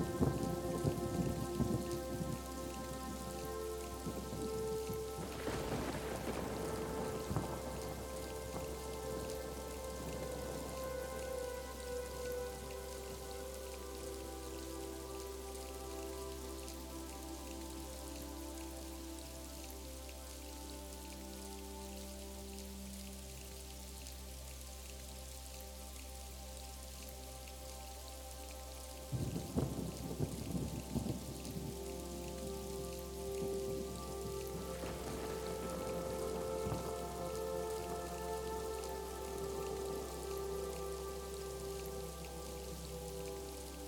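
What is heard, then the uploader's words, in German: Soft music plays over a steady wash of rain, with sustained low tones and quiet melodic lines. Louder bursts of rain or gusts swell around 5 seconds, again near 29 seconds and 35 seconds, then settle back into the even patter. Lassen Sie sich von dem Klang des STURMS und der Sanften MUSIK in den SCHLAF Führen.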